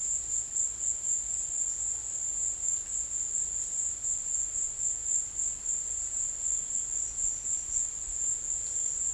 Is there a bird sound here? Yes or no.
no